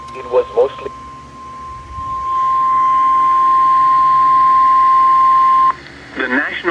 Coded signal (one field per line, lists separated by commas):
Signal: Emergency Alert System (SAME) tones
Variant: 1050 Hz attention tone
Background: speech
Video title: EAS 693 - Severe Thunderstorm Watch 421